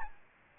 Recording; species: mosquito wingbeat signal from an infrared sensor; Aedes albopictus